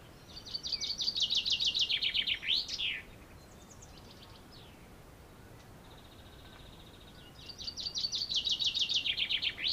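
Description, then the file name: Common chaffinch song: a fast descending trill closing with an emphatic flourish, repeated after a pause, with soft thin notes between the phrases. "Fringilla coelebs"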